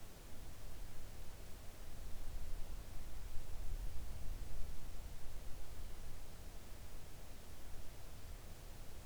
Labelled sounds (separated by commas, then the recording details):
near silence
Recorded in the Arctic National Wildlife Refuge, Alaska, on 3 August 2019 at 05:40
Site 41